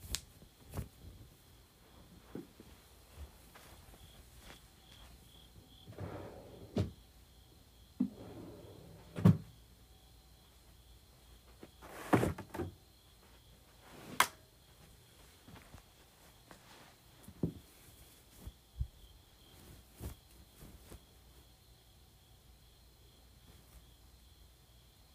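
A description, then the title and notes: Various items are moved around: scattered knocks, clacks and short scrapes arrive irregularly, every second or two, with louder bumps near 9, 12 and 14 seconds. Underneath, a faint steady high whine and insect-like chirping run throughout. ASMR Moving Various Items Around.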